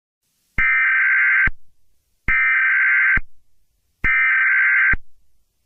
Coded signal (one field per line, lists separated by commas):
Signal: Emergency Alert System (SAME) tones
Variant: header bursts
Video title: eas scenario 19: new monthly of 2025